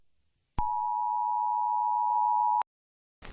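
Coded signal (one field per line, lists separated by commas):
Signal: Emergency Alert System (SAME) tones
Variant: 853 and 960 Hz attention tone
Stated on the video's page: Fictional asteroid impact scenario; EAS alert sound effects taken from a sound library.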